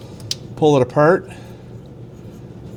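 Someone presses the locking pin on a plastic factory wiring harness connector and pulls the two halves apart to tap power for a lighted license plate frame. A sharp click sounds at 0.3 s as the latch lets go and the connector releases, and someone talks.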